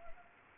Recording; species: mosquito wingbeat signal from an infrared sensor; Anopheles gambiae